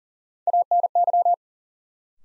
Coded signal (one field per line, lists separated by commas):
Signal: Morse code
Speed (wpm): 40 wpm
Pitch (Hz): 700 Hz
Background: none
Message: ANY